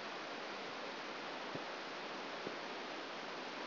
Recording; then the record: brain microelectrode recording played as sound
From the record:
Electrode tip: outside the subthalamic nucleus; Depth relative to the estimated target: 4 mm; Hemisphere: right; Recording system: AlphaMap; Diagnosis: Parkinson's disease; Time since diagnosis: 7 years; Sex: female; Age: 56 years